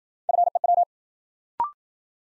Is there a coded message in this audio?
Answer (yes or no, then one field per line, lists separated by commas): yes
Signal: Morse code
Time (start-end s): 0.3-0.8 s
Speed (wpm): 53 wpm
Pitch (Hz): 700 Hz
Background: none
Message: FEW